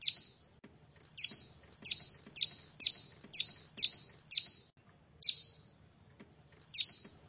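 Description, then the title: Bar-winged prinia song: a series of bright, sharp descending notes, mostly evenly spaced with a few longer gaps, with a faint low drone behind. "Ciblek Sawah"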